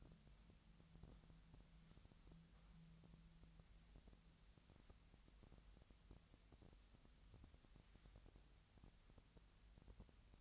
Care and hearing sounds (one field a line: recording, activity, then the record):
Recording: daily activity, microphone in the room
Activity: wipe stove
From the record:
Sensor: 3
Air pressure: 1003.2 hPa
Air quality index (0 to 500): 197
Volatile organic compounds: 6 ppm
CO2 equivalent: 1927 ppm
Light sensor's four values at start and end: 11/27/11/12 and 11/27/11/12